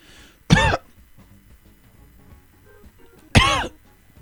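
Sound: two coughs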